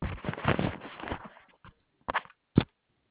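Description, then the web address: Koala: a rough, low pulsing grunt for about a second and a half, then a few short harsh bursts in an otherwise quiet background. Recorded on 6 June 2021. "Koala CS HMCrecordings 6 6 2021"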